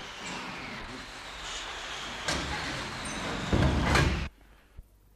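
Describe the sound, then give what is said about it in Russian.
A heavy airplane door slides and thuds shut as Captain Vetrov closes it, its rushing, windy roar of a draught swelling for a moment before cutting off abruptly into near silence, followed by a faint knock. “Капитан Ветров, заходите в самолет, закрывайте дверь.”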